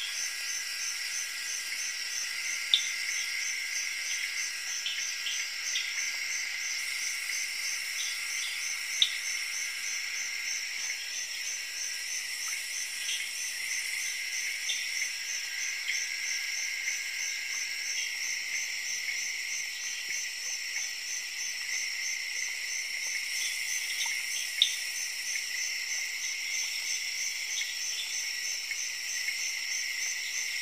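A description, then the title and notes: Crickets and tree frogs keep up a dense, steady high-pitched chorus, with a pulsing trill layered over continuous shrill tones and occasional brighter chirps. Nothing sounds in the low range. A few faint clicks stand out near 3, 9 and 25 seconds. Crickets and Tree Frogs.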